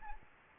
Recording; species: mosquito wingbeat signal from an infrared sensor; Aedes albopictus